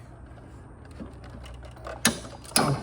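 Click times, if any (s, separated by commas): 2.1 s, 2.6 s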